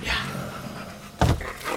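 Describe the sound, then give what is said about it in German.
A dog pants with soft, breathy rasps, then lets out one sudden loud, deep bark before the panting continues faintly. “Hunde spielen gern. Stöckchen werfen.”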